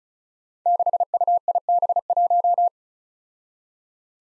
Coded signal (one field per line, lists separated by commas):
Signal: Morse code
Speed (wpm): 36 wpm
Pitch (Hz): 700 Hz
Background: none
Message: 6UIB1